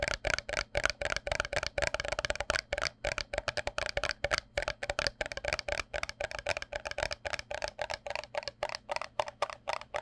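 Fingers tap rapidly on cardboard cups and paper containers, a dense stream of light hollow knocks about four to six per second that never pauses. Each tap is crisp with a papery ring in the middle.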